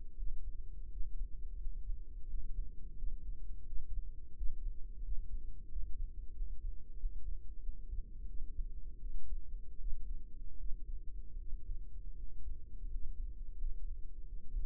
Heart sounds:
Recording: heart sounds by microphone in the right ear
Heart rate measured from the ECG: 85 bpm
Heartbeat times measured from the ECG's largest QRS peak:
0.14 s: heartbeat
0.87 s: heartbeat
1.56 s: heartbeat
2.25 s: heartbeat
2.94 s: heartbeat
3.63 s: heartbeat
4.33 s: heartbeat
5.00 s: heartbeat
5.66 s: heartbeat
6.31 s: heartbeat
6.95 s: heartbeat
7.59 s: heartbeat
8.24 s: heartbeat
8.97 s: heartbeat
9.76 s: heartbeat
10.55 s: heartbeat
11.35 s: heartbeat
12.13 s: heartbeat
12.86 s: heartbeat
13.54 s: heartbeat
14.23 s: heartbeat
From the record:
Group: healthy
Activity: rest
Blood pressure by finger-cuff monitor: 107/63 mmHg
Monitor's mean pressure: 76 mmHg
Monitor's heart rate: 86 bpm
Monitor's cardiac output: 7 L/min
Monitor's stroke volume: 81 mL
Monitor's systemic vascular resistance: 790 dyn s/cm5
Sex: female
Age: 26 years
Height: 165 cm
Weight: 55 kg

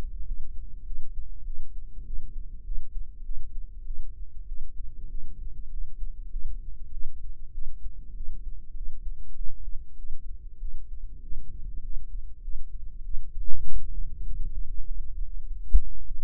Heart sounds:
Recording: heart sounds by microphone in the right ear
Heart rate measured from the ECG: 99 bpm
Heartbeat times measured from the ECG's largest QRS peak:
0.26 s: heartbeat
0.86 s: heartbeat
1.45 s: heartbeat
2.05 s: heartbeat
2.65 s: heartbeat
3.24 s: heartbeat
3.86 s: heartbeat
4.47 s: heartbeat
5.10 s: heartbeat
5.71 s: heartbeat
6.31 s: heartbeat
6.92 s: heartbeat
7.53 s: heartbeat
8.15 s: heartbeat
8.75 s: heartbeat
9.36 s: heartbeat
9.98 s: heartbeat
10.60 s: heartbeat
11.23 s: heartbeat
11.83 s: heartbeat
12.43 s: heartbeat
13.04 s: heartbeat
13.65 s: heartbeat
14.25 s: heartbeat
14.86 s: heartbeat
15.46 s: heartbeat
16.06 s: heartbeat
From the record:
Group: healthy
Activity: cold pressor test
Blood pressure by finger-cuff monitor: 91/59 mmHg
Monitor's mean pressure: 72 mmHg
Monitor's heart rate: 100 bpm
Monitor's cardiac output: 8.3 L/min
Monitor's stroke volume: 83 mL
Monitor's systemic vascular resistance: 620 dyn s/cm5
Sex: female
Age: 22 years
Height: 157 cm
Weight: 47.6 kg

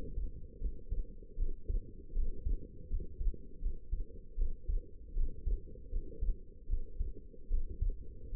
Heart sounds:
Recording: heart sounds by stethoscope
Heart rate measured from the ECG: 78 bpm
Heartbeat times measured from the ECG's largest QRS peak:
0.60 s: heartbeat
1.37 s: heartbeat
2.13 s: heartbeat
2.89 s: heartbeat
3.60 s: heartbeat
4.36 s: heartbeat
5.14 s: heartbeat
5.90 s: heartbeat
6.67 s: heartbeat
7.49 s: heartbeat
8.30 s: heartbeat
From the record:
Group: healthy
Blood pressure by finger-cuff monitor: 91/62 mmHg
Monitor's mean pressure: 71 mmHg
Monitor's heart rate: 78 bpm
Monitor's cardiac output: 5.8 L/min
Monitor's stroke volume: 74 mL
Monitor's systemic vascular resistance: 880 dyn s/cm5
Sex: female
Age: 19 years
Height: 163 cm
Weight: 51 kg

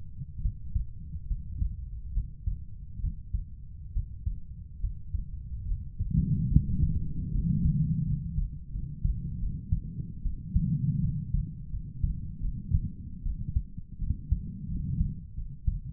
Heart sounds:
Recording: heart sounds by stethoscope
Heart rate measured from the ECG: 76 bpm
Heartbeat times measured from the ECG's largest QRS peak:
0.42 s: heartbeat
1.28 s: heartbeat
2.14 s: heartbeat
3.01 s: heartbeat
3.94 s: heartbeat
4.81 s: heartbeat
5.68 s: heartbeat
6.50 s: heartbeat
7.32 s: heartbeat
8.05 s: heartbeat
8.72 s: heartbeat
9.40 s: heartbeat
10.23 s: heartbeat
11.02 s: heartbeat
11.71 s: heartbeat
12.41 s: heartbeat
13.24 s: heartbeat
14.00 s: heartbeat
14.69 s: heartbeat
15.36 s: heartbeat
From the record:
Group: healthy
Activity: Valsalva maneuver 0-6 s, rest 6-16 s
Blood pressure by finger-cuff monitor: 119/67 mmHg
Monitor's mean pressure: 87 mmHg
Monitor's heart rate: 73 bpm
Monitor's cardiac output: 6.8 L/min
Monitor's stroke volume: 93 mL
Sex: female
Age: 22 years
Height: 160 cm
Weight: 63 kg

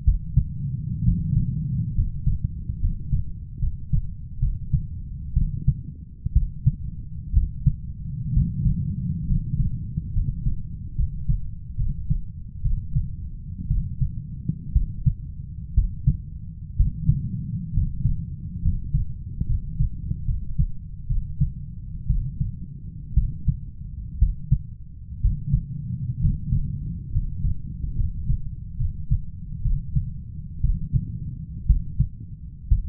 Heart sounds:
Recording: heart sounds by stethoscope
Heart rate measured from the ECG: 64 bpm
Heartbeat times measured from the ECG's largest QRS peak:
0.04 s: heartbeat
1.04 s: heartbeat
1.94 s: heartbeat
2.79 s: heartbeat
3.59 s: heartbeat
4.39 s: heartbeat
5.33 s: heartbeat
6.33 s: heartbeat
7.33 s: heartbeat
8.33 s: heartbeat
9.26 s: heartbeat
10.12 s: heartbeat
10.95 s: heartbeat
11.76 s: heartbeat
12.61 s: heartbeat
13.67 s: heartbeat
14.72 s: heartbeat
15.74 s: heartbeat
16.76 s: heartbeat
17.73 s: heartbeat
18.61 s: heartbeat
19.46 s: heartbeat
20.24 s: heartbeat
21.06 s: heartbeat
22.06 s: heartbeat
23.14 s: heartbeat
24.18 s: heartbeat
25.21 s: heartbeat
26.20 s: heartbeat
27.11 s: heartbeat
27.95 s: heartbeat
28.76 s: heartbeat
29.62 s: heartbeat
30.61 s: heartbeat
31.66 s: heartbeat
32.68 s: heartbeat
From the record:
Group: healthy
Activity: rest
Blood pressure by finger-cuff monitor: 120/68 mmHg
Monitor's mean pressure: 86 mmHg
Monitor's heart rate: 61 bpm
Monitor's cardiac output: 7.4 L/min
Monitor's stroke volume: 117 mL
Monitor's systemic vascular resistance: 850 dyn s/cm5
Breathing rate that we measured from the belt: 7 breaths a minute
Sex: male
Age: 23 years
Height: 178 cm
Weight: 96.6 kg

